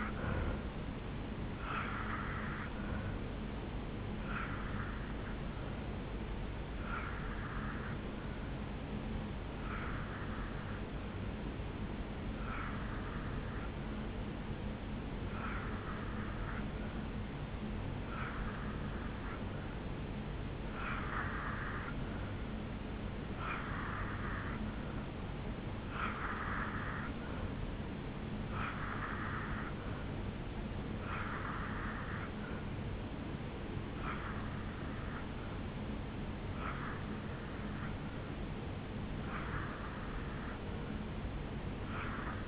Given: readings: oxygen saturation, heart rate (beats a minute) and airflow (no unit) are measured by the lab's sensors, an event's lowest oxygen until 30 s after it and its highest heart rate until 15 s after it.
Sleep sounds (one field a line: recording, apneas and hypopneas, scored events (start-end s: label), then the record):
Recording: breathing in sleep by a voice recorder at the bedside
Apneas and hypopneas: 1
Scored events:
9.00-26.60 s: obstructive apnea (N2, oxygen 92% highest, then 84% lowest, heart rate 68 at the start, 75 highest)
From the record:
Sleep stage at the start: N2 (light sleep)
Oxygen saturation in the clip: 85 to 92%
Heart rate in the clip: 67 to 77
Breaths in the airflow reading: 9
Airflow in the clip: -3.1 to 2.0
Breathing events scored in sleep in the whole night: 449 in 7.0 hours asleep